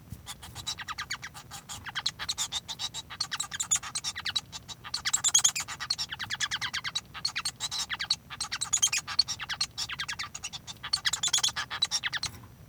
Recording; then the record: song of a male Bengalese finch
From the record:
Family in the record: son of father 1